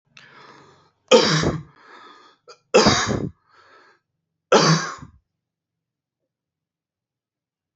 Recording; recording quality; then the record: heavy voluntary cough; excellent, no background noise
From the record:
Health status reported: exposed to COVID-19, no respiratory illness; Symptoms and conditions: none ticked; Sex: male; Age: 36 years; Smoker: yes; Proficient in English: yes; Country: India